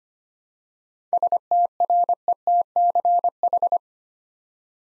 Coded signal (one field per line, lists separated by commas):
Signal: Morse code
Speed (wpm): 25 wpm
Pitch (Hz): 700 Hz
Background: none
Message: STRETCH